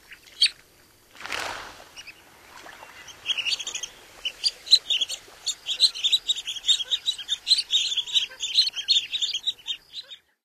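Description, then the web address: Long-billed dowitcher calls: a dense run of sharp, high keek notes, rapid and overlapping, following a brief rushing noise near the start. "Songs of Birds of North America Stokes. Long-billed Dowitcher"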